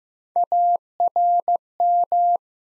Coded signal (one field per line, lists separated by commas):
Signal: Morse code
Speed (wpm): 15 wpm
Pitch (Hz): 700 Hz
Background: none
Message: ARM